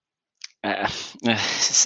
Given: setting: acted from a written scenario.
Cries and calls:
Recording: vocal sound without words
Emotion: embarrassment

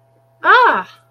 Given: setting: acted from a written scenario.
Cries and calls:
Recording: vocal sound without words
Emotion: realization

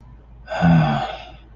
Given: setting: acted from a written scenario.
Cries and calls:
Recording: vocal sound without words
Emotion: disappointment

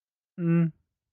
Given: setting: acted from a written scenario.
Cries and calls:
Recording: vocal sound without words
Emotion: neutral

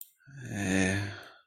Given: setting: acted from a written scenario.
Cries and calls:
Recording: vocal sound without words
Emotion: shame

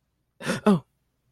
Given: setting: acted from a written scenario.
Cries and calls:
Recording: vocal sound without words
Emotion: negative surprise

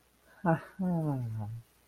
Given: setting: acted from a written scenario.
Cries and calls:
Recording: vocal sound without words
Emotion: amusement

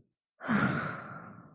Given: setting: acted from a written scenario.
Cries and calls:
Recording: vocal sound without words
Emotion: serenity

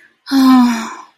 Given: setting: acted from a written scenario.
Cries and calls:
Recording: vocal sound without words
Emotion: sadness

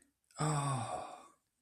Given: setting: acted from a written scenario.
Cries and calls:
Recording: vocal sound without words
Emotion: realization

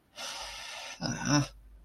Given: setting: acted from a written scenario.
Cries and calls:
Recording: vocal sound without words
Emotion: distress

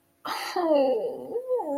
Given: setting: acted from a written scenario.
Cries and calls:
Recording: vocal sound without words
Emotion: guilt

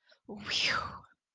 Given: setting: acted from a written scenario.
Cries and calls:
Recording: vocal sound without words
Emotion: relief

